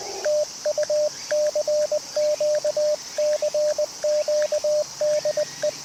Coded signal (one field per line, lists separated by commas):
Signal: Morse code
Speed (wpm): 20 wpm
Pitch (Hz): 590 Hz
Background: radio noise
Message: TU CQ CQ DE